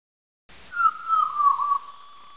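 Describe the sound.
Gull giving a single drawn-out mewing cry, a clear tone held about a second and sliding slightly downward, in otherwise quiet surroundings.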